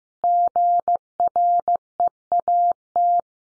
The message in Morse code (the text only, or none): GREAT